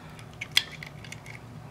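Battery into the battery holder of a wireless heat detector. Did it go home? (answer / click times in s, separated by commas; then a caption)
yes / 0.6 s. A coin or cylindrical battery is pressed into the plastic battery holder of a wireless heat detector, positive end to the positive terminal. A small tick at 0.4 s leads into a sharp, bright snap at 0.6 s, followed by a few faint ticks. The battery snaps into the holder and is seated.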